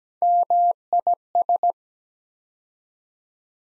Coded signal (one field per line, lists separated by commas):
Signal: Morse code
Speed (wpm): 17 wpm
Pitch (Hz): 700 Hz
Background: none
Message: MIS